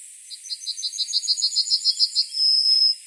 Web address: yellow bunting call